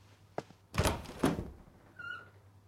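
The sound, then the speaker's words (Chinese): Dull thumping knocks on a door: a light tap, then two heavier blows, followed by a brief high-pitched squeak. No one speaks. “沈仁杰下意识望向林叔他们，就在此时外面响起汽车缓缓停下的动静，过了一会儿有敲门声。”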